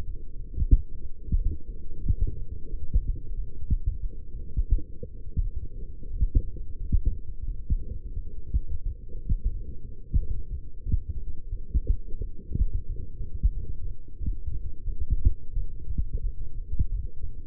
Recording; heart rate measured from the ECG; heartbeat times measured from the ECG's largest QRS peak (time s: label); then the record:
heart sounds by stethoscope; 89 bpm
0.05 s: heartbeat
0.70 s: heartbeat
1.36 s: heartbeat
2.03 s: heartbeat
2.70 s: heartbeat
3.35 s: heartbeat
4.01 s: heartbeat
4.70 s: heartbeat
5.42 s: heartbeat
6.11 s: heartbeat
6.78 s: heartbeat
7.46 s: heartbeat
8.14 s: heartbeat
8.84 s: heartbeat
9.52 s: heartbeat
10.18 s: heartbeat
10.84 s: heartbeat
11.50 s: heartbeat
12.19 s: heartbeat
12.87 s: heartbeat
13.53 s: heartbeat
14.18 s: heartbeat
14.84 s: heartbeat
15.54 s: heartbeat
16.22 s: heartbeat
16.90 s: heartbeat
From the record:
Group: healthy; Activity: light exercise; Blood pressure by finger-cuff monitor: 130/72 mmHg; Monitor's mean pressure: 89 mmHg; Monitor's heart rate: 89 bpm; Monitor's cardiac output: 8.1 L/min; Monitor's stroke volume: 91 mL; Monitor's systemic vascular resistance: 800 dyn s/cm5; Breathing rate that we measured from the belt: 17 breaths a minute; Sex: female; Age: 22 years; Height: 171 cm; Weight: 65.6 kg